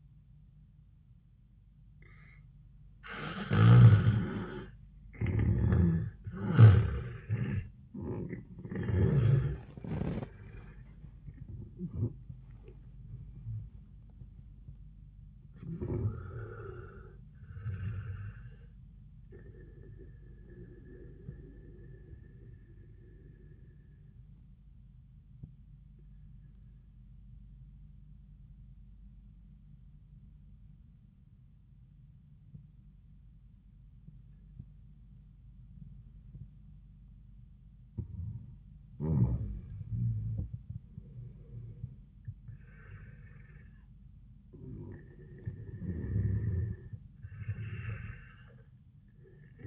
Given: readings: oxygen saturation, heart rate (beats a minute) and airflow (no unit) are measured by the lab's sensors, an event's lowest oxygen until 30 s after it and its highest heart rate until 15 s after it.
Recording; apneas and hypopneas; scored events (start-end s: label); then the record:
breathing in sleep by a smartphone at the bedside; 1
23.00-37.60 s: obstructive apnea (N1, oxygen 97% highest, then 87% lowest, heart rate 79 at the start, 94 highest)
From the record:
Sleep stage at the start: N1 (lightest sleep); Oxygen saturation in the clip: 86 to 97%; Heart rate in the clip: 61 to 100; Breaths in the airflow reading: 7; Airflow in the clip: -18.0 to 18.0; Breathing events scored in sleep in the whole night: 400 in 8.7 hours asleep